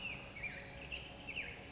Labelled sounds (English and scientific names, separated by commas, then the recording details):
Black-headed Grosbeak (Pheucticus melanocephalus)
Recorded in Sonoma County, California